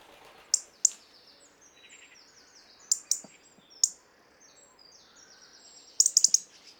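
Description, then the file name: European robin calls: sharp high ticks in small clusters with thin descending twittery phrases between them, over light background hiss. "Erithacus rubecula"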